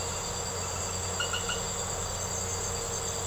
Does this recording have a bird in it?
no